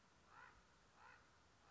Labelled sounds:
Common Raven (Corvus corax)
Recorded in Sonoma County, California

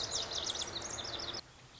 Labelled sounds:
Lazuli Bunting (Passerina amoena)
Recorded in Sonoma County, California

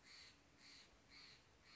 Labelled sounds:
Steller's Jay (Cyanocitta stelleri)
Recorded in Sonoma County, California

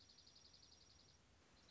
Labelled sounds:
Dark-eyed Junco (Junco hyemalis)
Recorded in Sonoma County, California

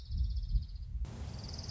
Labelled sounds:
Orange-crowned Warbler (Leiothlypis celata)
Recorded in Sonoma County, California

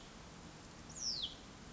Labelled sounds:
Hutton's Vireo (Vireo huttoni)
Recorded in Sonoma County, California

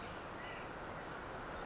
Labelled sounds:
California Quail (Callipepla californica)
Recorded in Sonoma County, California

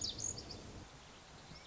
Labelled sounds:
Lazuli Bunting (Passerina amoena)
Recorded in Sonoma County, California

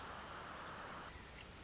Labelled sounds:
Nuttall's Woodpecker (Dryobates nuttallii)
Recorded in Sonoma County, California

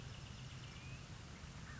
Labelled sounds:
American Crow (Corvus brachyrhynchos)
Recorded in Sonoma County, California

